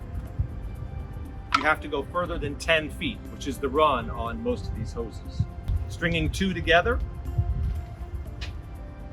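Someone talks while handling an RV sewer hose section, bringing its bayonet fitting up to the fitting of a second hose to join them end to end. Music plays underneath. Nothing has seated or clicked yet; the coupling is not home by the end of the clip.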